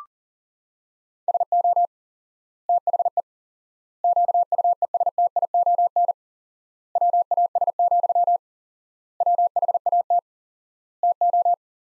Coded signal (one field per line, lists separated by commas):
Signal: Morse code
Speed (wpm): 40 wpm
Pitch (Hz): 700 Hz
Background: none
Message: SO THE QUESTION WAS, WHAT TO